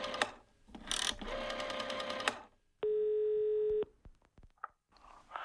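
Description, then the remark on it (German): A steady, loud telephone dial tone holds for about a second, then cuts off into a few quick clicks of dialing, following a stretch of busy mechanical rattling. “Darf ich mal Ihr Telefon benutzen?”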